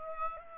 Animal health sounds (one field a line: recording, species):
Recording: mosquito wingbeat signal from an infrared sensor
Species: Aedes albopictus